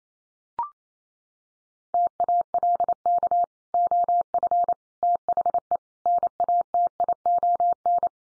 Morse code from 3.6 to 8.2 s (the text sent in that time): OF THE NATION